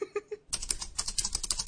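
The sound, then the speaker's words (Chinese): Rapid clattering of computer keyboard keys as a letter is typed, a dense run of crisp clicks after a few soft taps at the start, steady and fairly loud with no voices. “你仲用筆寫嘅，我打字噶。”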